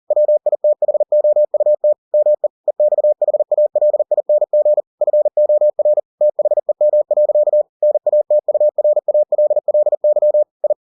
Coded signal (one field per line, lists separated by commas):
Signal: Morse code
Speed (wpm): 40 wpm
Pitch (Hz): 600 Hz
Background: none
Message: WITHOUT ME EXHALING FOR THEM. NATURALLY I